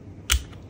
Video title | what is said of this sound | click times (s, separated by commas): REVIEW Keychron Q1 v2 Knob Edition - SOUND TEST : SWITCH STOCK vs CUSTOM | Doar îl poziționăm și la păsăm trebuie să facă un Click | 0.3 s